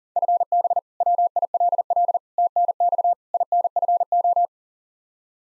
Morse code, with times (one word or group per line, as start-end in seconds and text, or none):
0.2-0.8 FB
1.0-2.2 WILL
2.4-3.1 TNX
3.3-4.5 INFO